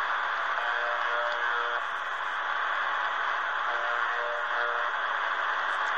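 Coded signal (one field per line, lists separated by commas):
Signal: channel marker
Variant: UVB-76 (The Buzzer)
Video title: UVB-76 "The Buzzer" on 4625 khz received in Berlin, Germany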